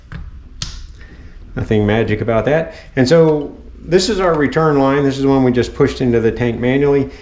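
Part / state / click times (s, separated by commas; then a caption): fuel primer bulb into trimmer carburetor primer holder / seated / 0.6 s. A replacement fuel primer bulb with two snap clips is pushed into its plastic primer holder on the carburetor of a Bolens BL100 string trimmer. A faint tick at 0.1 s is followed by a loud, sharp snap at 0.6 s as the clips seat, and then someone talks.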